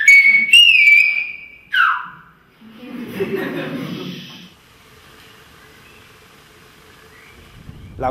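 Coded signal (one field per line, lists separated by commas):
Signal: whistled language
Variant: Silbo Gomero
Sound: a loud piercing whistle gliding up and down, then a low murmur and quiet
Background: background murmur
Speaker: students practice it All the way through high school and after 10 years prove a firm grasp of the Language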